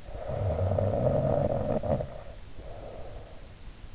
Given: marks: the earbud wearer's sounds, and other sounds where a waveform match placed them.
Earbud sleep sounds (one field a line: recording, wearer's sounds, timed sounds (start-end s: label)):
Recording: sounds in sleep by an in-ear microphone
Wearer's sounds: snoring breath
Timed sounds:
0.06-3.49 s: snoring breath